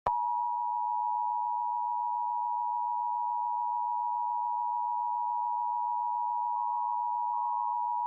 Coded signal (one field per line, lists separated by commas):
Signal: Emergency Alert System (SAME) tones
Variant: 853 and 960 Hz attention tone